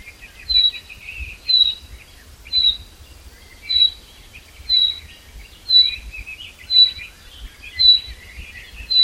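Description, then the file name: Common chaffinch: a regular series of short, piercing high notes near one per second, with softer twittering underneath. "Fringilla coelebs"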